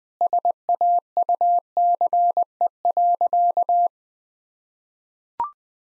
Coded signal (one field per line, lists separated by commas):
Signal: Morse code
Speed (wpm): 21 wpm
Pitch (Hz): 700 Hz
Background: none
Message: SAUCE.